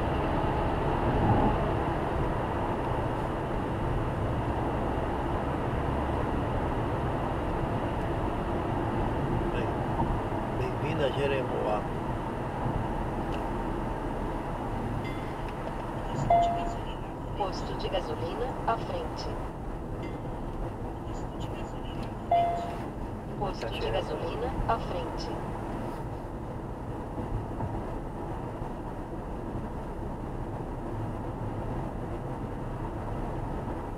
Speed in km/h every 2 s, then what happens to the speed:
109, 106, 109, 108, 101, 94, 85, 78, 75, 75, 75, 73, 74, 76, 78, 82, 84.
0-6 steady at about 108. 6-16 slows to 75. 16-23 steady at about 75. 23-34 speeds up to 84.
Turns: none.